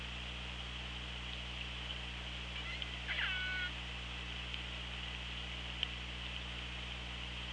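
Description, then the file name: Orca pulsed call, one harmonic, downward-bending call near the middle, over steady underwater hiss and a low hum. OrcaLab hydrophone, 24 August 2017, 16:34. "Orca Lab 20170824 163412"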